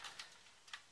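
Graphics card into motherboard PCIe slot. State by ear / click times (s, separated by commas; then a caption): seated / 0.7 s. A GeForce GTX 750 Ti OC Edition graphics card is pushed by hand into the PCI Express slot on the desktop motherboard of a modded Dell OptiPlex 330 case. Faint scraping and small ticks lead up to a sharp snap of the slot's plastic retention clip at 0.7 s, followed by a few softer clicks. The card is seated.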